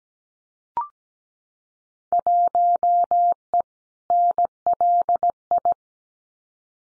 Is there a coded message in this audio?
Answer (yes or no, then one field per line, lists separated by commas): yes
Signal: Morse code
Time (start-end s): 2.1-5.7 s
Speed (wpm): 17 wpm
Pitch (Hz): 700 Hz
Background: none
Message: 1E NLI